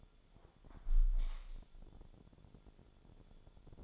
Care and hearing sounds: daily activity, microphone in the room; close window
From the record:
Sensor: 5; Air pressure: 1014.9 hPa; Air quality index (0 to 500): 97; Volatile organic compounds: 2 ppm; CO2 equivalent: 1041 ppm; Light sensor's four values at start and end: 35/80/32/31 and 35/80/32/31

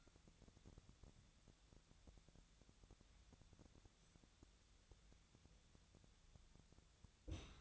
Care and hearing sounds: daily activity, microphone in the room; wipe stove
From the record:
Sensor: 3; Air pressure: 1007.0 hPa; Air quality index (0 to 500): 204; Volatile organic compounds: 18 ppm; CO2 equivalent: 2602 ppm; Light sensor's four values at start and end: 11/26/11/11 and 11/27/11/11

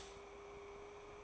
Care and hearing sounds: daily activity, microphone in the room; stop toaster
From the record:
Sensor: 1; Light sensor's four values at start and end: 5/13/4/5 and 5/13/4/5

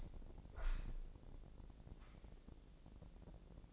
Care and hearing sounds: daily activity, microphone in the room; open window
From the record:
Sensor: 5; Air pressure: 1012.4 hPa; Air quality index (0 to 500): 159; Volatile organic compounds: 2 ppm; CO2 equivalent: 1077 ppm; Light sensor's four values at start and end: 98/235/99/109 and 97/234/98/108

